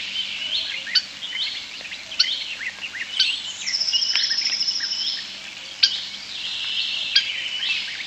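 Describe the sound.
European starling chatter: dense squeaky warbling with sharp clicks and a buzzy, rapid rattle in the middle, against a faint hissing background.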